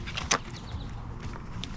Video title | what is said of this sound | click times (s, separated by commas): 2021-2022 F-150 OEM Style Bed Lighting Kit Review & Install | snap that in place. It's snapped in place. | 0.3 s